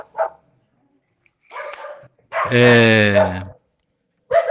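Small dogs bark in short, sharp bursts, one drawn-out yelping bark standing out among brief yips, with quiet gaps between them.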